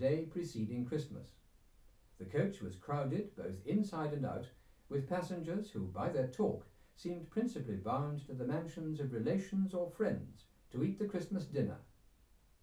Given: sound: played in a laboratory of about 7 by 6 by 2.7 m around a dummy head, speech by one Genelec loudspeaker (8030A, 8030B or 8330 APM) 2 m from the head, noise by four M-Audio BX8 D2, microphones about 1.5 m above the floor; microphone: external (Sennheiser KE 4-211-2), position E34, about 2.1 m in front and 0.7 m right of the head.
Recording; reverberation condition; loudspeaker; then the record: male speech in English; low; 90 degrees to the right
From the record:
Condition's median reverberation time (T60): about 310 ms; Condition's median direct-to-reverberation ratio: about 3.5 dB